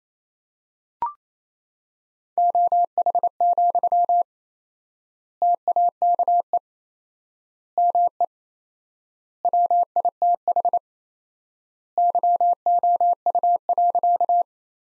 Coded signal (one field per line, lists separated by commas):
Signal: Morse code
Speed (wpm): 27 wpm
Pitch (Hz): 700 Hz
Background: none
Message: OH, TAKE ME WITH YOU.